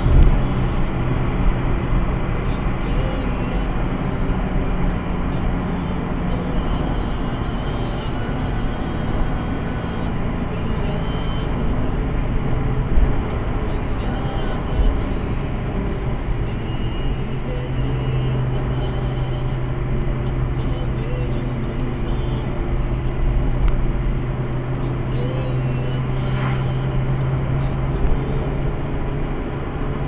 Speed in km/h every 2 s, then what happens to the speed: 97, 95, 94, 91, 89, 87, 85, 79, 78, 77, 77, 78, 81, 85, 91.
0-17 slows to 77. 17-23 steady at about 77. 23-30 speeds up to 91.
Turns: none.